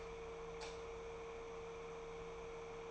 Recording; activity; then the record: daily activity, microphone in the room; light off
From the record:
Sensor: 1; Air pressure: 1014.8 hPa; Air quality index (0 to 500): 185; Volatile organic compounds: 18 ppm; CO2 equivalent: 2629 ppm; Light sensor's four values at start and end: 38/102/42/50 and 35/87/37/45